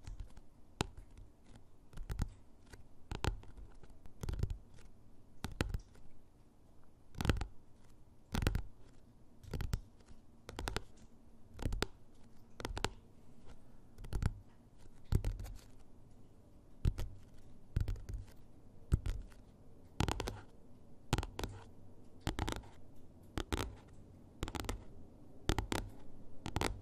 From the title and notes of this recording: ASMR tapping on different objects at varied speeds. Soft and hard tapping with nails and finger pads.